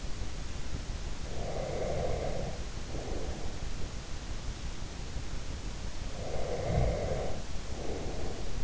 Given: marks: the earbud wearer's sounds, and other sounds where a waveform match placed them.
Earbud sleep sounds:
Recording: sounds in sleep by an in-ear microphone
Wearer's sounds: breath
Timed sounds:
1.15-3.67 s: breath
6.13-8.64 s: breath

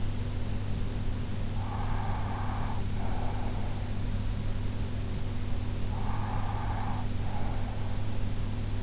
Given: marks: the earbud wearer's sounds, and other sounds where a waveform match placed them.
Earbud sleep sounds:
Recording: sounds in sleep by an in-ear microphone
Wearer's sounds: breath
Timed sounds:
1.49-4.14 s: breath
5.57-8.83 s: breath

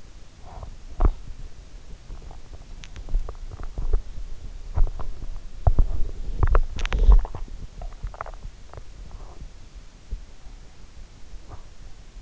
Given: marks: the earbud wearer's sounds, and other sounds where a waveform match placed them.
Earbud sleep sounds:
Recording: sounds in sleep by an in-ear microphone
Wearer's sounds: body movement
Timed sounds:
0.43-12.22 s: body movement

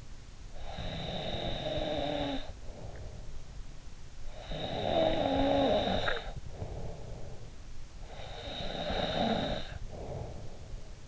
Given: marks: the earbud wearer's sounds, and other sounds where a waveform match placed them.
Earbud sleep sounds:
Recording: sounds in sleep by an in-ear microphone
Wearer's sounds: snoring breath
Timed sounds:
0.00-3.43 s: snoring breath
3.89-7.46 s: snoring breath
7.74-11.08 s: snoring breath

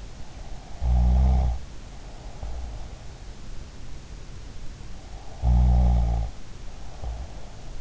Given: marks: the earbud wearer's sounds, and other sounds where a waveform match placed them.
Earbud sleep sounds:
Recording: sounds in sleep by an in-ear microphone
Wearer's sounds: snoring breath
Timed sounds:
0.64-2.94 s: snoring breath
5.26-7.81 s: snoring breath

